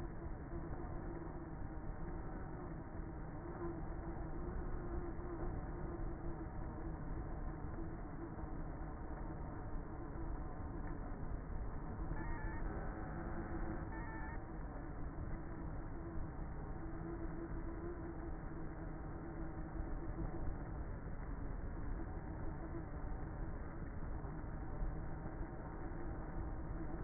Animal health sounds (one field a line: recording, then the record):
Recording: honeybee colony, microphone inside the hive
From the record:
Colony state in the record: queenless with a low population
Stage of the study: before two queens were removed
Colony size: about 30,000 bees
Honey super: no